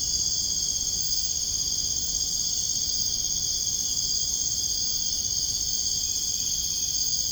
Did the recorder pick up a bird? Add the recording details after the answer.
no. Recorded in dense forest near Puerto Asís, Putumayo, Colombia, on 22 June 2025 at 00:30. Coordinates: 0.481, -76.323. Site G072